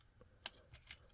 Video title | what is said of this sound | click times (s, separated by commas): Review and unboxing of Transformers Studio Series Transformers War for Cybertron Ratchet figure | this part goes forward and locks into place into that little Peg hole right there | 0.5 s